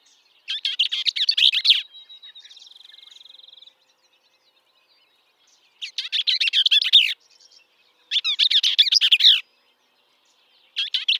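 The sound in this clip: Bell's vireo delivering quick, scratchy chattered phrases, one followed by a steady thin buzzing tone lasting about two seconds, then more phrases after pauses.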